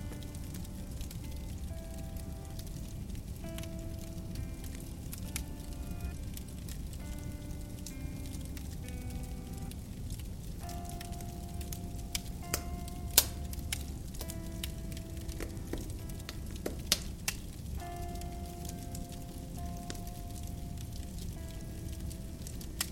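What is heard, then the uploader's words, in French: A fire burns steadily, with a low, constant roar underneath frequent small crackles and snaps. Thin whistling and hissing tones drift in and out, likely from the burning wood, and a few sharp pops stand out near 13 and 17 seconds. Au coin du feu.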